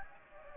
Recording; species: mosquito wingbeat signal from an infrared sensor; Anopheles gambiae